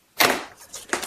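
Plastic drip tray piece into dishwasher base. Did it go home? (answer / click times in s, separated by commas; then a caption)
yes / 0.9 s. A plastic drip tray piece is lined up under a Whirlpool/Maytag (KitchenAid KDTM604KPS) dishwasher and pushed into the dishwasher base. A loud broadband bump at 0.2 s fades out, a softer rustle follows near 0.7 s, and then a sharp snap at 0.9 s and a brief tick at 1.1 s. The drip tray piece snaps into place at 0.9 s and is seated.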